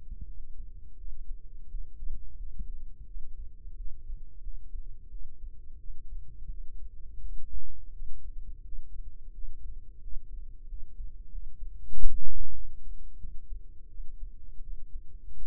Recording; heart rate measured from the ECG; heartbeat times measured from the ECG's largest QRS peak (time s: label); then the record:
heart sounds by microphone in the right ear; 87 bpm
0.25 s: heartbeat
0.97 s: heartbeat
1.69 s: heartbeat
2.36 s: heartbeat
3.05 s: heartbeat
3.76 s: heartbeat
4.42 s: heartbeat
5.10 s: heartbeat
5.78 s: heartbeat
6.49 s: heartbeat
7.21 s: heartbeat
7.92 s: heartbeat
8.63 s: heartbeat
9.33 s: heartbeat
10.02 s: heartbeat
10.68 s: heartbeat
11.30 s: heartbeat
11.92 s: heartbeat
12.53 s: heartbeat
13.18 s: heartbeat
13.89 s: heartbeat
14.62 s: heartbeat
15.34 s: heartbeat
From the record:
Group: healthy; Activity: rest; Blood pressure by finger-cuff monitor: 91/52 mmHg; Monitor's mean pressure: 68 mmHg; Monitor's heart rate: 87 bpm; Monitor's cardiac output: 8.7 L/min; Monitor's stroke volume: 99 mL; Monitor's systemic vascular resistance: 570 dyn s/cm5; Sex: female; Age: 22 years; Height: 161 cm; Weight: 65.5 kg